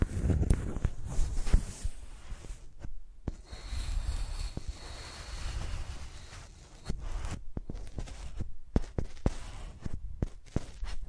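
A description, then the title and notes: Microphones are dragged and tapped like pencils, giving irregular sharp clicks and knocks over a low, rough scraping rumble. Heavier thumps open the first second or two, the middle is quieter with a faint thin whine, and rapid tapping returns after seven seconds. Using Mics as Pencils (No Talking).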